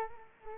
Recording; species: mosquito wingbeat signal from an infrared sensor; Culex quinquefasciatus